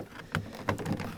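A plastic trim cover, which had not wanted to go on, is pushed back over a car door handle. Two sharp snaps are heard at 0.4 s and 0.7 s, with fainter taps and rustling around them, and the cover seats into place.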